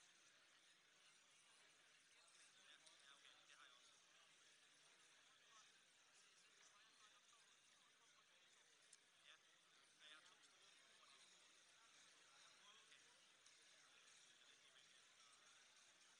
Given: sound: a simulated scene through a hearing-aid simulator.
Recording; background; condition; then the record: conversation; cafeteria (anchor of the quiet scene); -6 dB SNR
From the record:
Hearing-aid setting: anchor resembling a broken hearing aid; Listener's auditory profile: A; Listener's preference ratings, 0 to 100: 0, 0, 0